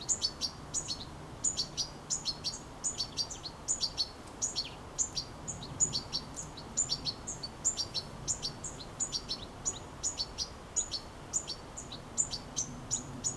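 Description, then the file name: European goldfinch calling continuously, a bubbling series of sharp, high tinkling notes in short groups, with low background rumble. "Carduelis carduelis"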